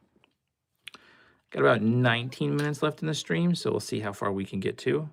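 Plastic connector pieces are pushed into a Lego Star Wars building-set model, with a few faint ticks and then a sharp click at 0.9 s as a connector piece seats. From about 1.5 s on, someone talks.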